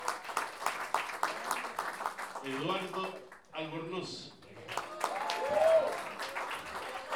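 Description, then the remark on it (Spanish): An audience at a payadores tournament (pie forzado championship) applauds with steady, dense clapping as the contestants who pass are announced. A man's voice briefly cuts through midway, and a short high whoop rises over the claps near the end. “¡Aplausos!”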